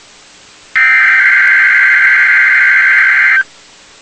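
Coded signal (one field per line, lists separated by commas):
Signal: Emergency Alert System (SAME) tones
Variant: header bursts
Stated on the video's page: Required weekly test from NOAA Weather Radio station in Columbus, Ohio.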